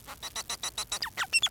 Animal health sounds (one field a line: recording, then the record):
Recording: song of a male Bengalese finch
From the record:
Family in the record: son of father 4